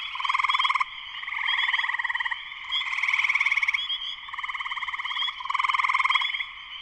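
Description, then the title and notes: Spring peeper chorus: loud pulsed trills come in waves of roughly a second, layered over a steady high-pitched peeping drone. Full chorus of many spring peepers, shortly after sunset, Sleeping Bear Dunes National Lakeshore, northern Michigan, USA. "Spring peepers (chorus frogs) in concert. Spring peepers (chorus frogs) in full chorus shortly after sunset in the Sleeping Bear Dunes National Lakeshore in northern Michigan, USA. Recorded by Darrin Wassom. Music for Sleep"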